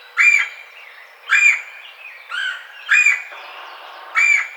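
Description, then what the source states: Red-bellied woodpecker giving harsh, rolling churr calls, five in a row at roughly one-second intervals, each short and burry, with a faint background hiss. Recorded on 4 May 2009.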